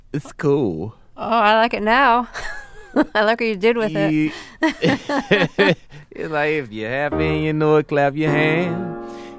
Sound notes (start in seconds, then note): 2.3 laughter; 4.6 laughter; 6.6 singing, playing piano